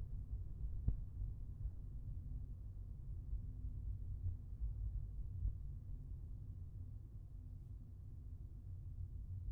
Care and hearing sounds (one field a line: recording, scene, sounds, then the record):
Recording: everyday scene through a hearing-aid microphone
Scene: in a vehicle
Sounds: engine, traffic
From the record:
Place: Skoda Fabia, gasoline engine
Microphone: behind the ear, left, front